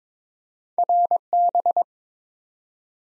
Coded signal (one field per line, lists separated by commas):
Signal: Morse code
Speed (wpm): 22 wpm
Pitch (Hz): 700 Hz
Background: none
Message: RB